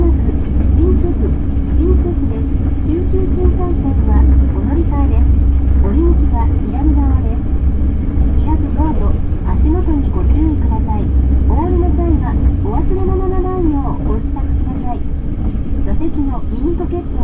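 A train journey, with a steady low rumble from the moving carriage running the whole way through. Voices talk almost continuously over it in a casual back-and-forth. The rumble swells a little around four and twelve seconds, and the overall sound stays dull and muffled.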